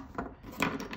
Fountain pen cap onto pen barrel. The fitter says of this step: um and a nice satisfying snap on mechanism which